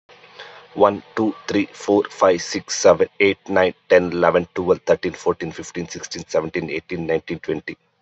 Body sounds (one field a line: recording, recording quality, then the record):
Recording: counting at a fast pace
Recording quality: moderate, slight background noise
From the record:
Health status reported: healthy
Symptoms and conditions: none ticked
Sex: male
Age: 29 years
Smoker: not ticked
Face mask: worn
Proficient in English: yes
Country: India